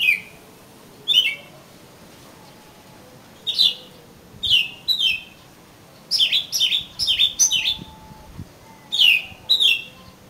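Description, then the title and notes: Oriental magpie-robin song of short whistled phrases with falling slurs, delivered in spaced bursts with pauses of one to two seconds. "suara kacer. kumpulan suara burung kacer"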